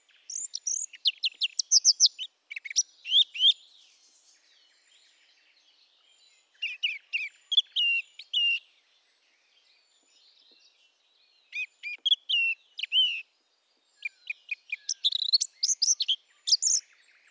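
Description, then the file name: Eurasian blackcap singing several separate bouts of quick, varied warbled notes, with quiet spells between them. "Sylvia atricapilla"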